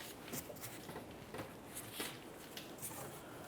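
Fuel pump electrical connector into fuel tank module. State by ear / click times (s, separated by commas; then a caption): not seated / none. The electrical connector of a fuel pump module on a 1994-2002 Dodge Ram 2500 is being handled and pressed toward its socket on top of the fuel tank, producing faint rustling, shuffling and small taps, with a brief sharper tap near 2.6 s. Nothing has seated or clicked yet.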